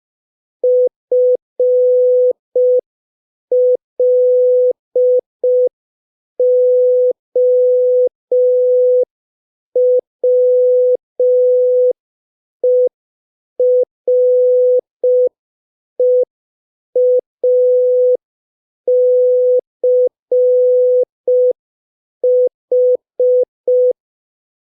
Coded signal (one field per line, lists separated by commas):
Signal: Morse code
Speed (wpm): 5 wpm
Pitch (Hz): 500 Hz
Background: none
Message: FLOWER EACH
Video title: Morse Code Practice #3 (5wpm)